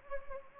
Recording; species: mosquito wingbeat signal from an infrared sensor; Anopheles gambiae